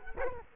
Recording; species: mosquito wingbeat signal from an infrared sensor; Culex quinquefasciatus